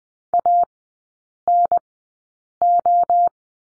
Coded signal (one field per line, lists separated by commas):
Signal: Morse code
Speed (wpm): 20 wpm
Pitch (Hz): 700 Hz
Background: none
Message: A N O